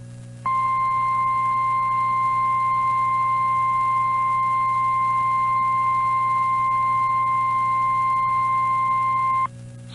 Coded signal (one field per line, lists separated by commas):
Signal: Emergency Alert System (SAME) tones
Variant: 1050 Hz attention tone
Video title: EAS Mini-Timeline Minnesota State Fair Storms, Flooding and an AMBER Alert NOAA Weather Radio